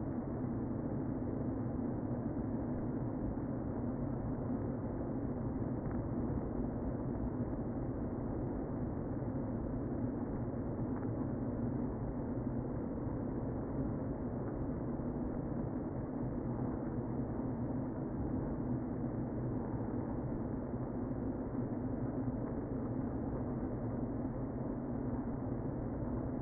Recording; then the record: honeybee colony, microphone inside the hive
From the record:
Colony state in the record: queen present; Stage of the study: before two queens were removed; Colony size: about 60,000 bees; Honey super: yes